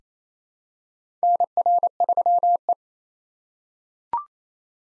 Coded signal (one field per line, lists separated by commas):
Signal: Morse code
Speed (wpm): 28 wpm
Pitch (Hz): 700 Hz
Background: none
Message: NR3E